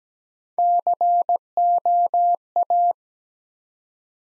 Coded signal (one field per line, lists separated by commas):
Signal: Morse code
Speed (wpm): 17 wpm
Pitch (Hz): 700 Hz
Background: none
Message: COA